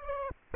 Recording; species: mosquito wingbeat signal from an infrared sensor; Aedes aegypti